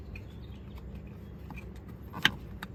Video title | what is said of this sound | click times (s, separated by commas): Are All Factory Wiring Harnesses The Same On Dodge Journeys? #journey | There. Once you hear it click, then it's in place. | 2.3 s